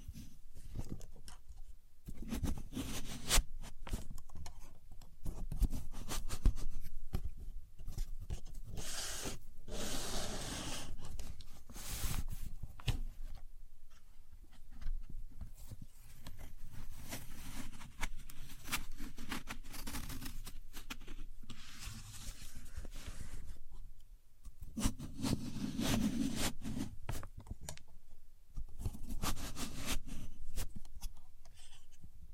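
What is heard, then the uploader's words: A contour gauge is handled, its pins making dense clicking, rattling and scraping sounds throughout. Bursts of brighter, hissy clatter come around 9–11 seconds and again near 21 and 30 seconds, with quieter low rustling and tapping in between. Using A Contour Gauge (No Talking).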